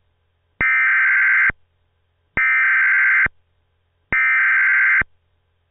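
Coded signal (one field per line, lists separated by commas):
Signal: Emergency Alert System (SAME) tones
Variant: header bursts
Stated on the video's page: Fictional, not real EAS broadcast, for entertainment; may or may not contain valid tones.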